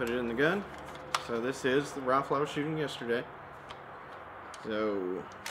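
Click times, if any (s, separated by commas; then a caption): none. Someone talks while handling a rifle loaded with an empty SGM Tactical 30-round magazine fitted with a green follower; the charging handle is about to be pulled so the follower pushes up the bolt catch and the bolt locks back onto it. Only speech and faint handling ticks are heard, and the bolt has not yet clicked into place or locked back.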